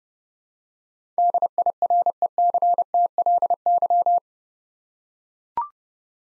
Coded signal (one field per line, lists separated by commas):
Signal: Morse code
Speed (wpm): 30 wpm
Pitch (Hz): 700 Hz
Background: none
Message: DIRECTLY